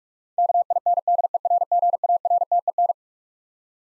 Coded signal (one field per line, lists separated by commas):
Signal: Morse code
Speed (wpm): 46 wpm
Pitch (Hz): 700 Hz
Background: none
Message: KINDERGARTEN